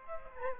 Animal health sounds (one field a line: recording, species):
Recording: mosquito wingbeat signal from an infrared sensor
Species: Aedes aegypti